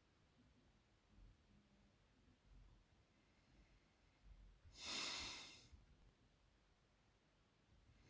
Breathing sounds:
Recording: nose breathing near a microphone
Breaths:
2.57-4.52 s: inhalation
4.52-5.59 s: exhalation
7.59-8.10 s: inhalation
From the record:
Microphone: phone

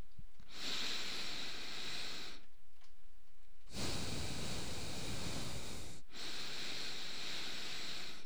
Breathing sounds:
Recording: nose breathing near a microphone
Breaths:
0.32-2.44 s: inhalation
3.44-5.99 s: exhalation
5.99-8.17 s: inhalation
From the record:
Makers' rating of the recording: medium

